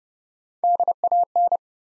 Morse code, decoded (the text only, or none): DAN